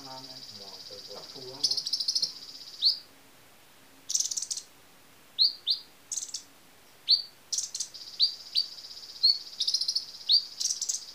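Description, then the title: Small bird calling with high, downslurred chirps at irregular intervals, with an intermittent high buzzing hum. A brief low chatter opens. "Burung Kecil"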